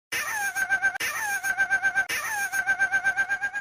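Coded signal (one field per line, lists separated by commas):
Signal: none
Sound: device startup beeps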